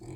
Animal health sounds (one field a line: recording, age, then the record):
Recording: pig call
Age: weaner (32 to 43 days)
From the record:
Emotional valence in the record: positive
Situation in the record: positive conditioning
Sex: female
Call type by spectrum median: low-frequency call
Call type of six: low-frequency stable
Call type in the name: low-frequency stable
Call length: 0.16 s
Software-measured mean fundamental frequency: 43 Hz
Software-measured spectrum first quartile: 143 Hz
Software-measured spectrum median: 319 Hz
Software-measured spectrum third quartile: 800 Hz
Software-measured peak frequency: 115 Hz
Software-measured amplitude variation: 123 dB a second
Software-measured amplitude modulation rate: 21.8 a second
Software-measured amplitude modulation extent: 5.7 dB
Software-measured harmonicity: 3.4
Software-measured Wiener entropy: -0.72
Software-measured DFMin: 686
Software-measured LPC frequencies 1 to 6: 322, 2308, 3527, 4391, 6230, 7091 Hz